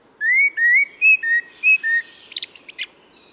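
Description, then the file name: Common blackbird singing a run of clear fluted whistles, the first two rising, that closes with a short burst of thin, high twittering notes. "Turdus merula"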